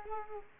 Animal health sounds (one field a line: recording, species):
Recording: mosquito wingbeat signal from an infrared sensor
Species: Culex quinquefasciatus